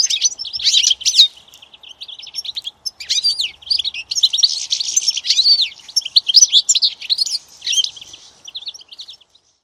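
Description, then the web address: Birds twittering: rapid high chirps and short trilled phrases, busy and continuous, tapering off near the end. "Deverinetal 2025 File origin Bird Only"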